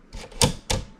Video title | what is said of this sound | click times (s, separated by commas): Sony Betamovie BMC-100 Betamax Camcorder Review | the little compartment here like this you should you should hear a click | 0.4 s, 0.7 s